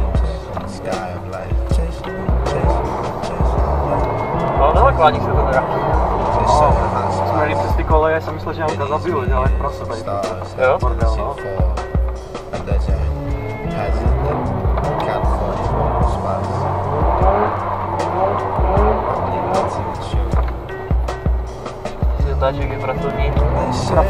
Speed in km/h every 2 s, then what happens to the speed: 16, 23, 13, 11, 22, 21, 20, 20, 15, 25, 24, 23.
2-6 slows to 11. 6-8 speeds up to 22. 8-16 steady at about 20. 16-18 speeds up to 25. 18-24 steady at about 24.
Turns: 0-9, 11-21.